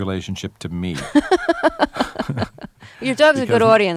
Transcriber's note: laughs